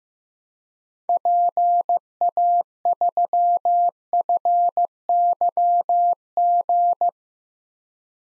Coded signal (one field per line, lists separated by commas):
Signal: Morse code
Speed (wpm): 15 wpm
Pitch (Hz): 700 Hz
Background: none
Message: PA3FYG